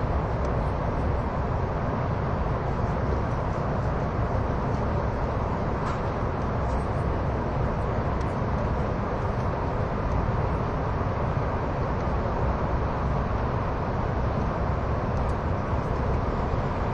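A train runs on the Gotthard Base Tunnel route with a steady, dense low rumble and roar that holds an even level throughout. Faint brief clicks and ticks surface now and then above the constant drone, such as near six seconds.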